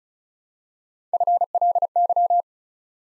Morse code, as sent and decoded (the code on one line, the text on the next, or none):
..-. .-.. -.--
FLY